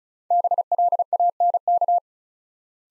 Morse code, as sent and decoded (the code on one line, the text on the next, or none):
-... .-.. .- -. -.-
BLANK